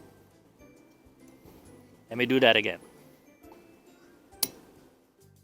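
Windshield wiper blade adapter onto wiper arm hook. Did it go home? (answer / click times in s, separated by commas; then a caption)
yes / 4.4 s. A new silicone wiper blade with its adapter is fitted onto the hook of the windshield wiper arm on a Hummer H3. Someone talks from about 2.1 to 2.8 seconds. A sharp click at 4.4 seconds shows the blade has seated on the arm.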